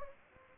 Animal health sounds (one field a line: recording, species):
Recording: mosquito wingbeat signal from an infrared sensor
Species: Anopheles gambiae